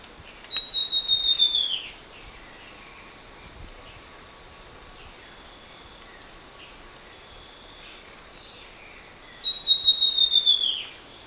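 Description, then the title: Southern chestnut-tailed antbird gives a high series of rapid, evenly spaced notes that drop in pitch at the end, sung twice. Nominate subspecies hemimelaena. "LuckyPassaro Completos2Sama. Southern Chestnut-tailed Antbird (Myrmeciza hemimelaena hemimelaena)"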